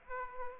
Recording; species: mosquito wingbeat signal from an infrared sensor; Aedes aegypti